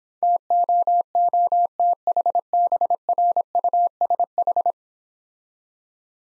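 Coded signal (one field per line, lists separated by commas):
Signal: Morse code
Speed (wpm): 26 wpm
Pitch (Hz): 700 Hz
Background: none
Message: TOOTHBRUSH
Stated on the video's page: Morse practice set at 20 WPM using easy words with contextual hints.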